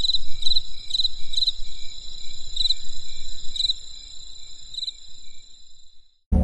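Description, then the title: Insect calling with short trilled chirps spaced unevenly over a steady high tone, fading out near the end before a sudden burst of noise. Insects calling on a winter night in the countryside. "There was a crisp sound of insects in the winter night. Come and experience a sound therapy feast from the countryside"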